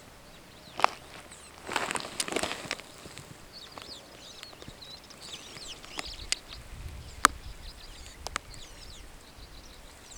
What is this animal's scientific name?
Lamprotornis superbus